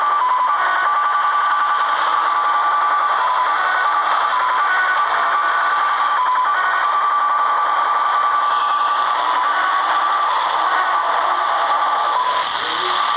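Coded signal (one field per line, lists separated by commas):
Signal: HF data modem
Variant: Slot Machine (XSL)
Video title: Japanese 'Slot Machine' XSL 6249-6250khz/6.25mhz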